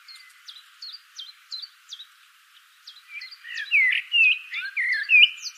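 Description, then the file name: Common blackbird calls: a string of sharp ticking chips, followed by louder squeaky, scraping notes. "Turdus merula"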